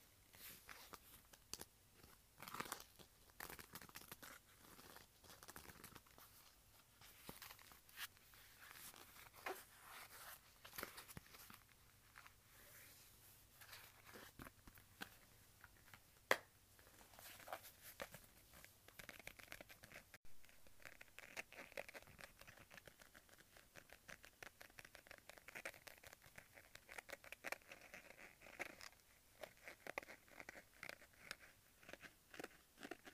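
Leather wallet sounds: dense, irregular crackles and creaks as the leather is handled, with sharp clicks scattered throughout the whole stretch. The handling stays busy and fairly even, with a brief louder snap near sixteen seconds and a lighter, brighter rustle after twenty.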